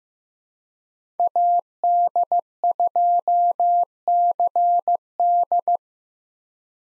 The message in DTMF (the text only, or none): none